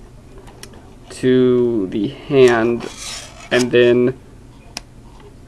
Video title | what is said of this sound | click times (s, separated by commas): Waspinator animated | a little peg right here will click in | 0.6 s